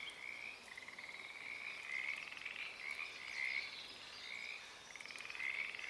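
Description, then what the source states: Pacific tree frog chorus, quieter and pulsing, with separate creaky croaks standing out above a steady background trill. Wild chorus starting and stopping, field recording, Oaks Bottom Wildlife Refuge, Portland, Oregon, USA, morning of Friday April 7 2023; calling uncommon at that time of day.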